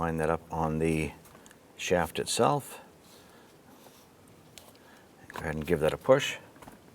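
A seat control knob with a spring clip is lined up on the switch shaft of a 2006–2013 Chevrolet Impala front power seat switch and handled while someone talks. Faint short ticks come from handling between the speech, but nothing has seated or clicked yet when the clip ends.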